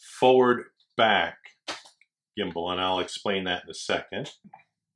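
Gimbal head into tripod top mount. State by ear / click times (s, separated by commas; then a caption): not seated / none. A gimbal head is being fitted into the top mount of a tripod while someone talks, with short handling noises at about 1.7 and 2.0 seconds. The clip ends before the part goes home, and nothing has seated or clicked yet.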